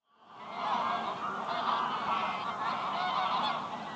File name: Ganzen rusten op het ijs bij het hondenhemeltje in venhuizen - Sound Cloud - De Auditieve Dienst